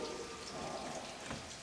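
A window switch is handled and pressed toward the plastic carbon fiber switch face on the door trim bezel of a 370Z. There is steady broadband rustling, hiss-like noise with no distinct click, and nothing has seated or clicked yet.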